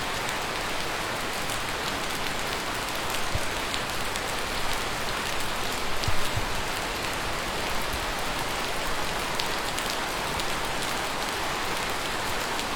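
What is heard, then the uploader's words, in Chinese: Steady rain falls, a dense, even hiss with scattered brighter drip taps, briefly louder around six seconds. 于躺椅在屋檐下听雨入眠。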